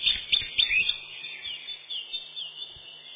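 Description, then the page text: Eurasian wren song: a quick burst of sharp high notes in the first second, followed by softer, scattered twittering trills. "Крапивник, или подкоренник, орешек (лат. Troglodytes troglodytes)"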